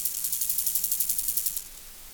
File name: Chorthippus moreanus